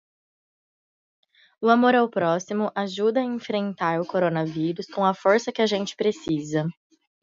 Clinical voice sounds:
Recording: spoken sentence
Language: Brazilian Portuguese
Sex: female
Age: 20 to 29 years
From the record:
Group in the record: control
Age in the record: 25 years

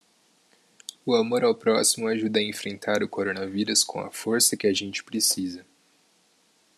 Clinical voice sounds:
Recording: spoken sentence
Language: Brazilian Portuguese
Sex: male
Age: 20 to 29 years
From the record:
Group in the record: control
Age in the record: 21 years

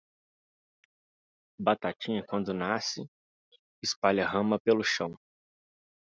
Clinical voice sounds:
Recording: short text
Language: Brazilian Portuguese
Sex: male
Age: 20 to 29 years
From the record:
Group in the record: control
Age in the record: 27 years

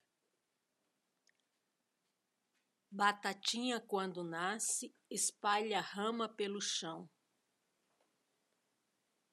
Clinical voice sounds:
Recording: short text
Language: Brazilian Portuguese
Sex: female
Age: 50 to 59 years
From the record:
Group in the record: control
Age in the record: 58 years

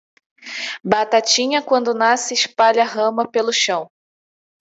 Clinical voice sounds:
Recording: short text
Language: Brazilian Portuguese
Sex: female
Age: 30 to 39 years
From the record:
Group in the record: control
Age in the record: 32 years

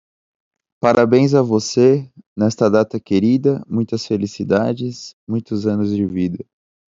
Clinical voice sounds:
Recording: short text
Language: Brazilian Portuguese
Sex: male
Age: 20 to 29 years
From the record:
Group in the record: control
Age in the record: 22 years

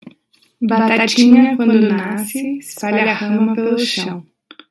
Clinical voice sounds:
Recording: short text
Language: Brazilian Portuguese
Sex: female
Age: 20 to 29 years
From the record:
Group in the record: control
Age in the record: 24 years

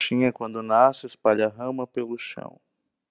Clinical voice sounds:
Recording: short text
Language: Brazilian Portuguese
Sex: male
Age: 20 to 29 years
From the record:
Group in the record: control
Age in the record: 29 years

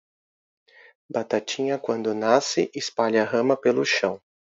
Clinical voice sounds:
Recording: short text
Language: Brazilian Portuguese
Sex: male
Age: 40 to 49 years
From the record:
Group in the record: control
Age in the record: 44 years

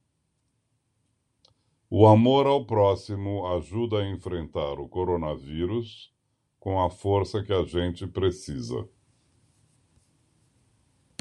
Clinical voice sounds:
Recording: spoken sentence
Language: Brazilian Portuguese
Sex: male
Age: 60 to 69 years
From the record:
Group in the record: control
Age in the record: 65 years

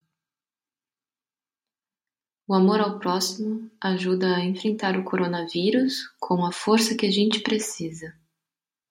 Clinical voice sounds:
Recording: spoken sentence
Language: Brazilian Portuguese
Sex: female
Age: 20 to 29 years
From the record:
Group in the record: control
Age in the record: 28 years

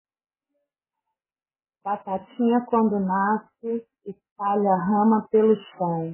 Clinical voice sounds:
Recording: short text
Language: Brazilian Portuguese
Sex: female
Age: 40 to 49 years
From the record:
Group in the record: control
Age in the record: 43 years

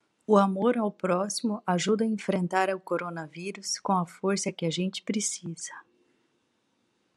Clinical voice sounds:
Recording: spoken sentence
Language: Brazilian Portuguese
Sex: female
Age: 40 to 49 years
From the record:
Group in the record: control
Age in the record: 44 years

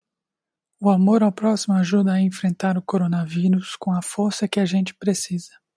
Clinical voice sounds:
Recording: spoken sentence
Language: Brazilian Portuguese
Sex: male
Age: 20 to 29 years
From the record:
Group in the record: control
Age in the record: 25 years

